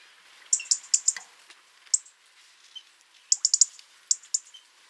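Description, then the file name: European robin ticking: clusters of sharp, high clicking notes in quick runs, with a few thin, faint lower notes in between. "Erithacus rubecula"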